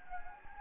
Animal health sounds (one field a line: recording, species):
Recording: mosquito wingbeat signal from an infrared sensor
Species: Anopheles gambiae